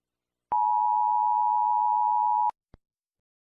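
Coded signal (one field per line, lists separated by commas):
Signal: Emergency Alert System (SAME) tones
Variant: 853 and 960 Hz attention tone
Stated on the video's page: Fictional, made-up EAS scenario using real, valid emergency tones; the classic American EAS sound is borrowed, not original.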